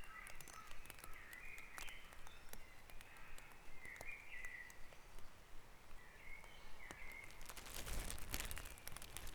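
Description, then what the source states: Birds in a dawn chorus: quiet chirps and short warbling phrases throughout, over hiss, sharp clicks and a rush of noise near the end. Dawn chorus recorded at Back Dragon Avenue, Harrogate, as part of the Sound Map of Harrogate.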